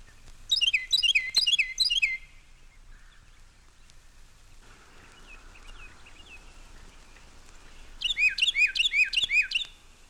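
Carolina Wren singing two loud bouts of rapidly repeated, ringing slurred phrases, separated by several seconds of quiet with faint chirps.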